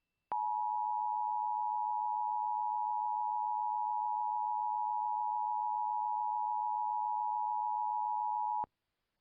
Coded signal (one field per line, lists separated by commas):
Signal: Emergency Alert System (SAME) tones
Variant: 853 and 960 Hz attention tone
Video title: EAS 2x Civil Emergency Message Southeastern Minnesota (Dodge Center, Minnesota)